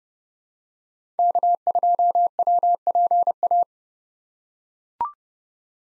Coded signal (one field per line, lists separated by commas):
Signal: Morse code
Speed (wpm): 30 wpm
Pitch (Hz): 700 Hz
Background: none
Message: K2WPA